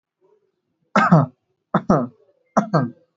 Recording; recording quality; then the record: shallow voluntary cough; excellent, no background noise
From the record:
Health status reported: respiratory illness, not identified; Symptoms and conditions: none ticked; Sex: male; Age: 21 years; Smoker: not ticked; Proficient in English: yes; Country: India